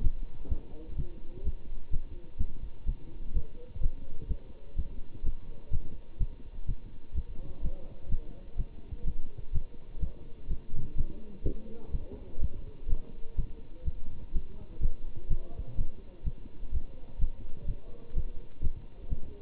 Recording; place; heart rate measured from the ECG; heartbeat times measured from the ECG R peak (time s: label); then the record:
heart sounds by stethoscope; between the tricuspid and mitral areas; 126 bpm
0.01 s: heartbeat
0.48 s: heartbeat
0.96 s: heartbeat
1.43 s: heartbeat
1.90 s: heartbeat
2.37 s: heartbeat
2.85 s: heartbeat
3.33 s: heartbeat
3.79 s: heartbeat
4.27 s: heartbeat
4.75 s: heartbeat
5.22 s: heartbeat
5.70 s: heartbeat
6.18 s: heartbeat
6.66 s: heartbeat
7.13 s: heartbeat
7.61 s: heartbeat
8.08 s: heartbeat
8.56 s: heartbeat
9.04 s: heartbeat
9.51 s: heartbeat
9.99 s: heartbeat
10.47 s: heartbeat
10.95 s: heartbeat
11.43 s: heartbeat
11.91 s: heartbeat
12.39 s: heartbeat
12.87 s: heartbeat
13.35 s: heartbeat
13.84 s: heartbeat
14.32 s: heartbeat
14.79 s: heartbeat
15.27 s: heartbeat
15.75 s: heartbeat
16.23 s: heartbeat
16.71 s: heartbeat
17.18 s: heartbeat
17.66 s: heartbeat
18.13 s: heartbeat
18.60 s: heartbeat
19.08 s: heartbeat
From the record:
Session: Bruce protocol treadmill stress test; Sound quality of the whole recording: good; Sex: male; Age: 25 years